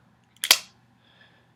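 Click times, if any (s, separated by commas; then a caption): 0.4 s, 0.5 s. The assisted-opening blade of a SOG Flash II folding knife is opened again and snaps out of the handle with two sharp metallic clicks at 0.4 s and 0.5 s. The lock engages, and the blade sits locked open, sturdy and solid.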